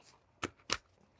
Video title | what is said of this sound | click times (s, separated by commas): Carbon CRBN Zero SLD Paintball Mask - Review | then the visor just like on the pro goggle it just snaps right in just like that | 0.4 s, 0.7 s